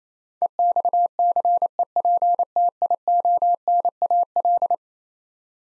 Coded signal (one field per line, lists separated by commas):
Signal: Morse code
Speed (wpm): 27 wpm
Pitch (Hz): 700 Hz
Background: none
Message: EXCEPTIONAL